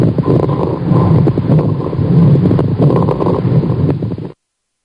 That is the sound recording of someone breathing who has fluid in their lungs.